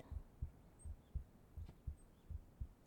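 Soft, muffled low thumps of an adult heart come in steady lub-dub pairs at about 80 beats a minute, with an even rhythm. It is an ordinary heartbeat, heard as if with an ear pressed to the chest during a hug. Only faint background hiss accompanies it.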